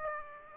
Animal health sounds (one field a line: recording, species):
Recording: mosquito wingbeat signal from an infrared sensor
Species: Aedes aegypti